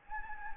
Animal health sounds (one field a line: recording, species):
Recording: mosquito wingbeat signal from an infrared sensor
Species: Anopheles gambiae